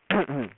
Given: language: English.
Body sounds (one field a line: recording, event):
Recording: throat vibration sensor signal played as sound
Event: throat clearing